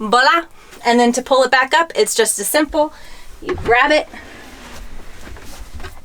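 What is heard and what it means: In an A-frame camper, someone talks while a folding panel or table with clasp brackets on a camper cabinet is grabbed and pulled back up toward its upright position. Quiet handling and rustling follow the speech. Nothing has clicked or seated into place yet.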